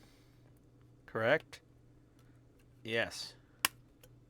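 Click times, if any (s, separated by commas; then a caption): 3.6 s. Someone talks briefly while squeezing a plastic door panel, located by studs, into the door of a Fanhome Ghostbusters Ecto-1 scale model car kit. A sharp, bright click at 3.7 s marks the panel seating home, followed by a faint tick near 4.0 s.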